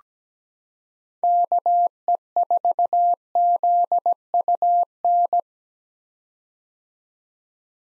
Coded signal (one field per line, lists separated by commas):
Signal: Morse code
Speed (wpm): 17 wpm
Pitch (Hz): 700 Hz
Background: none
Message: KE4ZUN